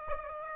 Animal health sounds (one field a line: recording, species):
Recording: mosquito wingbeat signal from an infrared sensor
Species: Aedes aegypti